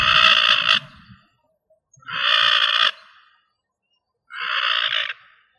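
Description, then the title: Rail calls: three rough, braying squawks spaced about two seconds apart, each strident and noisy, with faint low rumble early on. "LuckyFamilia RallidaeFrangoSama"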